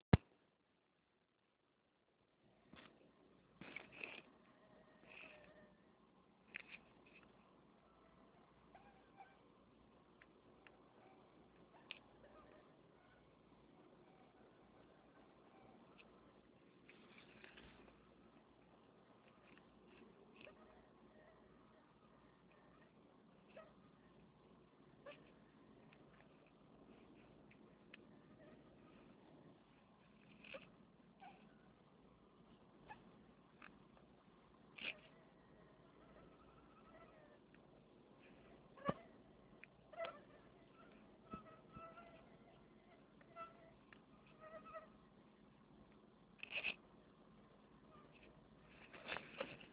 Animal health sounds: mosquito flight sound by mobile phone; Anopheles farauti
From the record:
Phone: Nokia 6555B

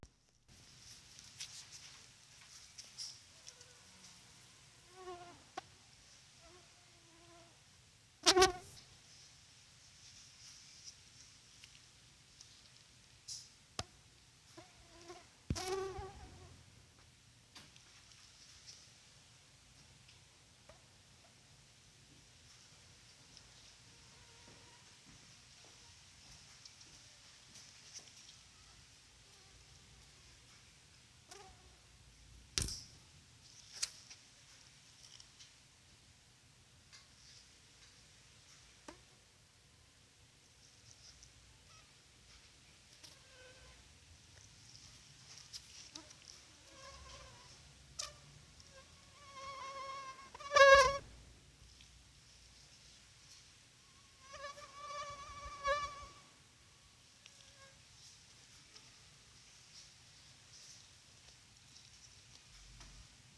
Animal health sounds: mosquito flight sound by mobile phone; Culex pipiens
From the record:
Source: SanMateoVCD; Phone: Sony Xperia

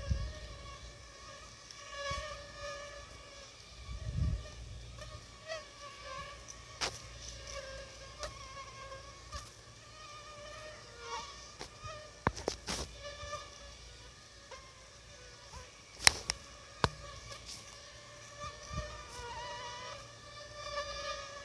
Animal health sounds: mosquito flight sound by mobile phone; Aedes aegypti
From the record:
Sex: female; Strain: 10130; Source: CDC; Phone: Sony Xperia

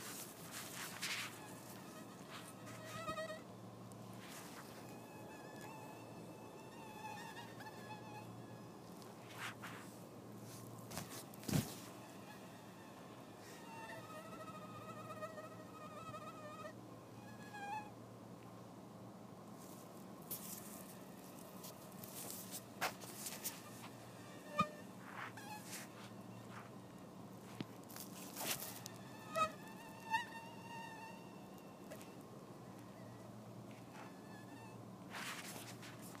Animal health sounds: mosquito flight sound by mobile phone; Anopheles farauti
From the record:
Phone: iPhone 4S

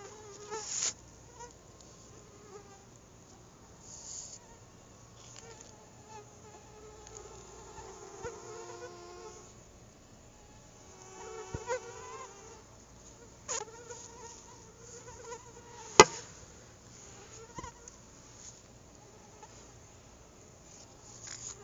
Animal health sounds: mosquito flight sound by mobile phone; Anopheles quadriannulatus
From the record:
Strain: SANQUA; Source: CDC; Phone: Google Nexus

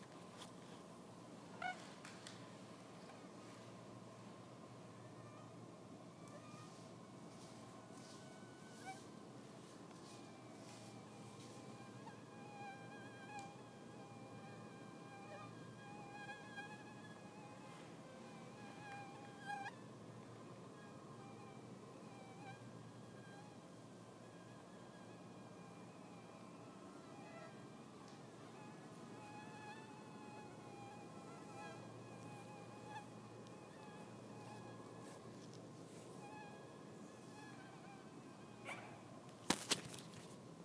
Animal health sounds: mosquito flight sound by mobile phone; Anopheles stephensi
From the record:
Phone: iPhone 6

